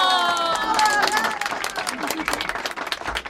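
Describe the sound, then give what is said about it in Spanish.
A group of women breaks into applause for ideas about a community radio, dense rapid clapping that starts loud and thins into scattered claps, with cheering voices and whistling tones mixed in at the start. “¡Que suenen esos aplausos!”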